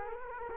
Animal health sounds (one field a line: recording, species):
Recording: mosquito wingbeat signal from an infrared sensor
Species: Culex quinquefasciatus